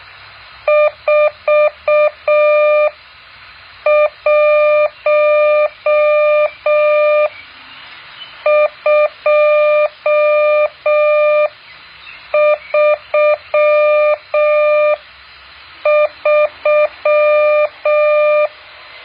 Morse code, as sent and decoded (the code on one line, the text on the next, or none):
....- .---- ..--- ...-- ...--
41233